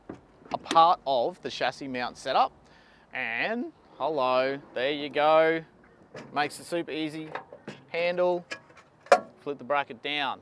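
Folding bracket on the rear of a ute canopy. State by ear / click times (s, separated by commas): seated / 9.1 s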